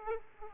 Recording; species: mosquito wingbeat signal from an infrared sensor; Aedes aegypti